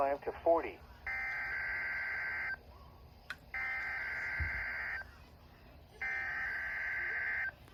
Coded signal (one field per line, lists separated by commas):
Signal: Emergency Alert System (SAME) tones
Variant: header bursts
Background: speech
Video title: EAS Minnesota Statewide Tornado Drill (Required Weekly Test) - WXM99 | Apr 11, 2024 - 1:45 PM CDT